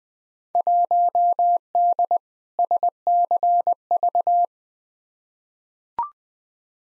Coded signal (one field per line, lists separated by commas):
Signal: Morse code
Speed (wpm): 20 wpm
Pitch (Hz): 700 Hz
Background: none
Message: 1D SCV